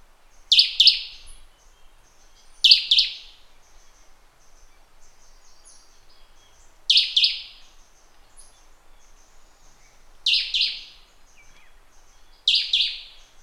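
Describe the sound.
Bird calls: five sharp, harsh double notes at irregular intervals of a few seconds, with faint high chirps behind.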